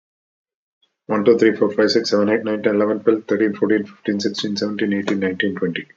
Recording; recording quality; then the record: counting at a fast pace; excellent, no background noise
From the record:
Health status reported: recovered from COVID-19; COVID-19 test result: positive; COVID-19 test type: RT-PCR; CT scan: not taken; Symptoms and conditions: cough, another respiratory illness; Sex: male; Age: 53 years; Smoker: no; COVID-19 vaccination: both doses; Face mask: not worn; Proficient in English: yes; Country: India